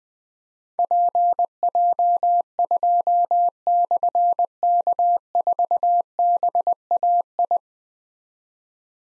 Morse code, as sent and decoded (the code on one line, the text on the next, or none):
.--. .--- ..--- -..-. -.- ....- -... .- ..
PJ2/K4BAI